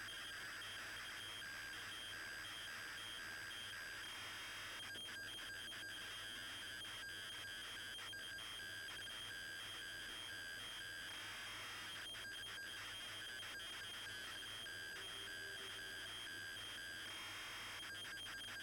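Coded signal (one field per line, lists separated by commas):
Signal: ZX Spectrum tape loading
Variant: ZX Spectrum +2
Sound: harsh buzzing data tones switching with short bursts of raspy noise, then loading fails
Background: tape hiss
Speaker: now that is Nostalgia loading from tape and then it fails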